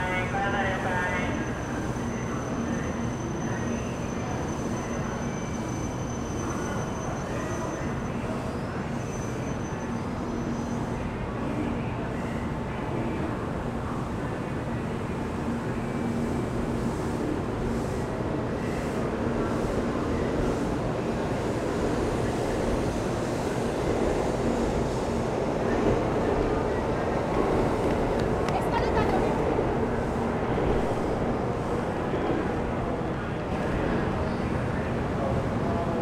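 A train station in Osaka, filled with a steady, dense wash of crowd and train noise that holds nearly constant for the whole stretch. A low hum runs underneath, a thin high tone fades out around ten seconds, and voices murmur throughout.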